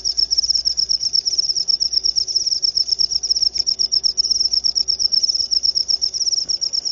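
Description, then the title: Cricket chirping: a loud, sustained, high, rapidly pulsing buzz over a dull low hum. Loud cricket chirping (ngerik), played to make lovebirds sing continuously (ngekek). "Suara JANGKRIK NGERIK Keras Bikin LOVEBIRD Jadi NGEKEK Terus Vubey"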